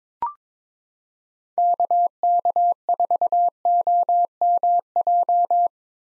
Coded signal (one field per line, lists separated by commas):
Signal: Morse code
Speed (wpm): 22 wpm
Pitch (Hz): 700 Hz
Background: none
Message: KK4OMJ